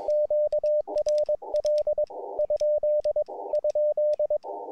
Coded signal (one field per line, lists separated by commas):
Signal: Morse code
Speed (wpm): 20 wpm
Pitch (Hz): 590 Hz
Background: radio noise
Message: QRL ? ?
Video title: SOTA to Indian Rock, Yosemite